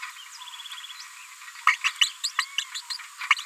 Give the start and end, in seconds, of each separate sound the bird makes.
1.67-1.75, 1.84-1.90, 2.01-2.09, 2.23-2.29, 2.38-2.46, 2.58-2.63, 2.74-2.81